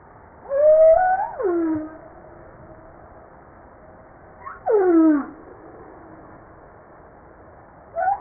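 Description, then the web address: Humpback whale calls, a higher wavering moan falling away, then a steep descending sweep a few seconds later, with a brief upswept note at the end. From a JASA 2013 publication set. "pub JASA 2013 Blue Bowhead Fin Humpback Southern Right Whale humpback-01 940305"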